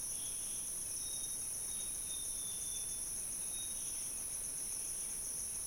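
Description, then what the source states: Insects keep up a continuous high shrill drone while a faint, long, whistled bird note sounds. Insect and bird chorus in Gabon.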